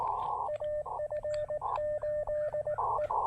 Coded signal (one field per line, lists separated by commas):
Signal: Morse code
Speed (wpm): 19 wpm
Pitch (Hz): 590 Hz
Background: radio noise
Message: AF8E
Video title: POTA Activation: New N0SA portable paddles & the Elecraft AX1 shows off. Again.